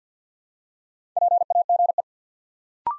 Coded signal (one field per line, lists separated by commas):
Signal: Morse code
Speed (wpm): 48 wpm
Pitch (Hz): 700 Hz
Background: none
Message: PAGE